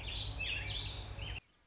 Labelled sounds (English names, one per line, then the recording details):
Warbling Vireo
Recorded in Sonoma County, California